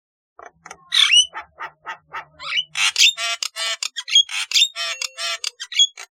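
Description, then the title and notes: Starling song of mixed clicks, harsh buzzy bursts and clear whistles, growing busier halfway through. "Kicau Burung Jalak"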